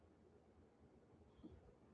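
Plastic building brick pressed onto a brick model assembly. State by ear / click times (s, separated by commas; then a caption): not seated / none. A plastic building brick is pressed onto a large plastic brick ship model, giving a short dull press at about 1.5 s over a quiet low background hum. The brick does not really click in, and nothing has seated or clicked yet.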